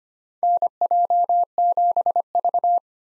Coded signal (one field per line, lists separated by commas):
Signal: Morse code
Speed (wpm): 25 wpm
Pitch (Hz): 700 Hz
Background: none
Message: NJ7V